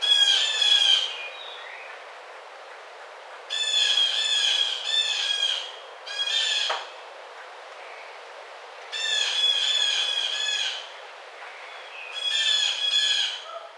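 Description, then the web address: Blue jay uttering grating squawks in bursts of one to three rapid calls, separated by quiet gaps of a couple of seconds. Recorded on 27 May 2009. "Blue Jay 2009 05 27"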